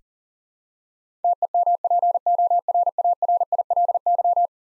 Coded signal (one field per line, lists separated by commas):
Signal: Morse code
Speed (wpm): 37 wpm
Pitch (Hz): 700 Hz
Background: none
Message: TEMPORARILY